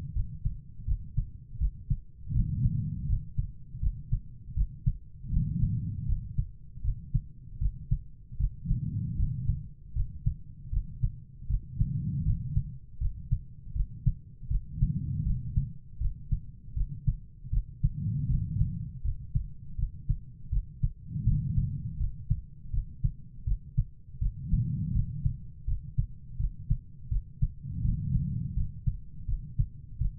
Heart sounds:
heart sounds by stethoscope; 80 bpm
0.13 s: heartbeat
0.85 s: heartbeat
1.58 s: heartbeat
2.32 s: heartbeat
3.06 s: heartbeat
3.80 s: heartbeat
4.54 s: heartbeat
5.30 s: heartbeat
6.06 s: heartbeat
6.81 s: heartbeat
7.58 s: heartbeat
8.37 s: heartbeat
9.16 s: heartbeat
9.93 s: heartbeat
10.70 s: heartbeat
11.47 s: heartbeat
12.23 s: heartbeat
12.98 s: heartbeat
13.73 s: heartbeat
14.48 s: heartbeat
15.23 s: heartbeat
15.98 s: heartbeat
16.74 s: heartbeat
17.50 s: heartbeat
18.27 s: heartbeat
19.02 s: heartbeat
19.76 s: heartbeat
20.49 s: heartbeat
21.24 s: heartbeat
21.97 s: heartbeat
22.70 s: heartbeat
23.44 s: heartbeat
24.19 s: heartbeat
24.92 s: heartbeat
25.64 s: heartbeat
26.36 s: heartbeat
27.08 s: heartbeat
27.81 s: heartbeat
28.54 s: heartbeat
29.25 s: heartbeat
29.98 s: heartbeat
From the record:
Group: healthy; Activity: rest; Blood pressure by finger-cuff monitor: 101/56 mmHg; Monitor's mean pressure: 72 mmHg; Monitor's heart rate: 81 bpm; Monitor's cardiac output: 6.5 L/min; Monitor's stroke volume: 81 mL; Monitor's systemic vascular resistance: 790 dyn s/cm5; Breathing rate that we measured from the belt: 19 breaths a minute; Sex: female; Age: 43 years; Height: 160 cm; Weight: 90 kg

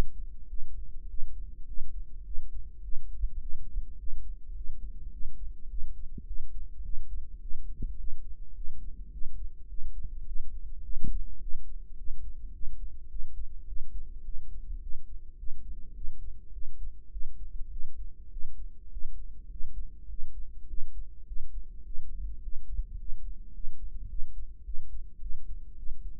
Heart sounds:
heart sounds by microphone in the right ear; 104 bpm
0.49 s: heartbeat
1.09 s: heartbeat
1.67 s: heartbeat
2.25 s: heartbeat
2.84 s: heartbeat
3.41 s: heartbeat
3.99 s: heartbeat
4.56 s: heartbeat
5.12 s: heartbeat
5.70 s: heartbeat
6.27 s: heartbeat
6.84 s: heartbeat
7.41 s: heartbeat
7.99 s: heartbeat
8.56 s: heartbeat
9.12 s: heartbeat
9.69 s: heartbeat
10.26 s: heartbeat
10.84 s: heartbeat
11.41 s: heartbeat
11.98 s: heartbeat
12.53 s: heartbeat
13.10 s: heartbeat
13.68 s: heartbeat
14.25 s: heartbeat
14.82 s: heartbeat
15.38 s: heartbeat
15.95 s: heartbeat
16.53 s: heartbeat
17.12 s: heartbeat
17.71 s: heartbeat
18.31 s: heartbeat
18.92 s: heartbeat
19.51 s: heartbeat
20.09 s: heartbeat
20.69 s: heartbeat
21.27 s: heartbeat
21.85 s: heartbeat
22.43 s: heartbeat
22.99 s: heartbeat
23.54 s: heartbeat
24.10 s: heartbeat
24.65 s: heartbeat
25.21 s: heartbeat
25.78 s: heartbeat
From the record:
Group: healthy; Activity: cold pressor test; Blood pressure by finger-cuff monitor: 137/90 mmHg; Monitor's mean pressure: 109 mmHg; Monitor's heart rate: 105 bpm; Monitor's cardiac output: 7.7 L/min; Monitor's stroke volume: 73 mL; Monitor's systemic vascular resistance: 1030 dyn s/cm5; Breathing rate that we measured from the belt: 16 breaths a minute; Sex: male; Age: 21 years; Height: 175 cm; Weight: 72.6 kg

